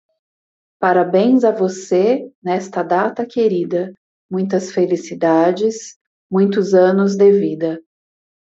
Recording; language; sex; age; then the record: short text; Brazilian Portuguese; female; 30 to 39 years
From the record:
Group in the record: control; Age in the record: 38 years